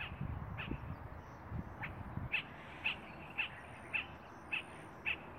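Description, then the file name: Spot-flanked barbet calling a steady series of short, bright notes, about two per second, faint at first and clear after two seconds of low rumbling background noise. "Tricholaema lacrymosa - Spot-flanked Barbet"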